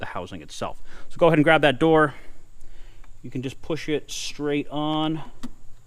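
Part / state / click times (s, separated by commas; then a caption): cabin air filter access door into filter housing / not seated / none. Someone talks while handling the plastic cabin air filter access door of a Honda HR-V, getting ready to push it straight onto the filter housing behind the glove box. Only a couple of faint, brief ticks are heard between the speech. Nothing has seated or clicked yet.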